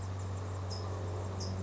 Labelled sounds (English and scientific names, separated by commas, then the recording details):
California Towhee (Melozone crissalis)
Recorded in Sonoma County, California